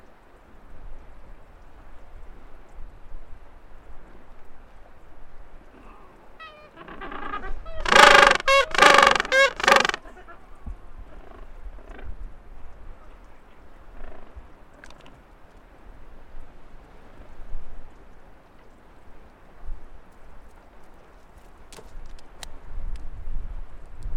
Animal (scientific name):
Pygoscelis papua